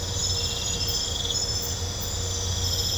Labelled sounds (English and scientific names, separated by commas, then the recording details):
none
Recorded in pastures near Puerto Asís, Putumayo, Colombia, on 20 December 2024 at 23:30
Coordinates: 0.502, -76.324
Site G077